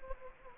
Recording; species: mosquito wingbeat signal from an infrared sensor; Anopheles gambiae